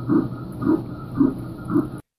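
Four regular whooshing pulses about 110 a minute, the Doppler ultrasound sound of an unborn baby's heartbeat, a sign that the baby is alive and growing.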